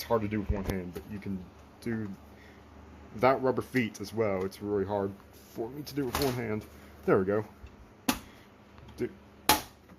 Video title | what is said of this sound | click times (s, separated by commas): Dell Optiplex 3060 Tower Overview | do it till it locks into place on both sides. | 8.1 s, 9.5 s